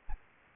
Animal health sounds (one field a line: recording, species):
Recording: mosquito wingbeat signal from an infrared sensor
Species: Aedes aegypti